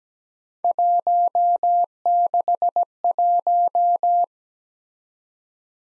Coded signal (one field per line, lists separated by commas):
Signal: Morse code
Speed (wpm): 17 wpm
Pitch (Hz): 700 Hz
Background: none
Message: 161